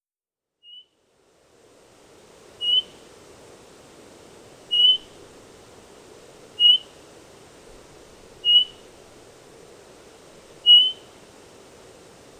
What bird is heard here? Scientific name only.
Catharus ustulatus